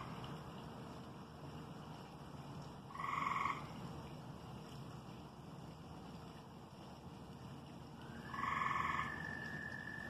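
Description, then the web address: Frog calling twice, short buzzy croaks roughly five seconds apart against a constant low rumble and faint hiss. "jbf autoplot. frogs"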